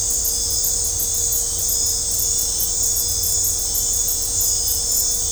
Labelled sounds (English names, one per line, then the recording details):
none
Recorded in dense forest near Puerto Asís, Putumayo, Colombia, on 20 December 2024 at 19:00
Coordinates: 0.503, -76.323
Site G043